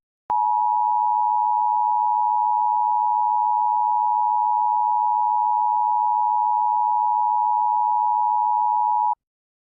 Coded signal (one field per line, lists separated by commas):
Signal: Emergency Alert System (SAME) tones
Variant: 853 and 960 Hz attention tone